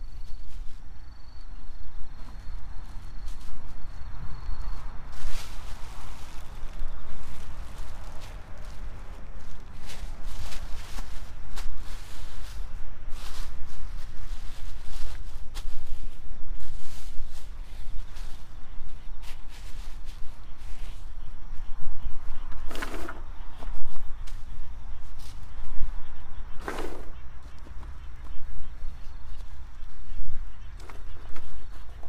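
Garlic being planted on an autumn evening: soft scraping and tapping as holes are made and soil is pushed over the cloves, with sharp clicks scattered throughout and louder ones near 23 and 27 seconds. A steady low rumble of passing cars and faint insect chirps run underneath.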